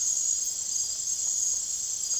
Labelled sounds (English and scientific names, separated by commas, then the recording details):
none
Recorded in secondary vegetation near Puerto Asís, Putumayo, Colombia, on 25 June 2025 at 01:00
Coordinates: 0.489, -76.322
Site G021